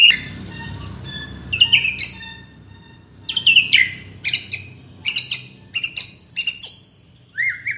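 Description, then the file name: Shama song mixing sharp high chips and brief whistled slurs, sharp notes coming roughly every half second toward the end, over faint low rumble. From Borneo. "murai batu borneo"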